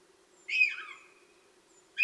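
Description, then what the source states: Northern Goshawk begging call: one long, harsh wail that falls and fades, with the next cry just starting at the end, over a soft steady hum. Begging calls of young birds at the nest; Tiveden National Park; 8 July 2011, 07:21 in the morning.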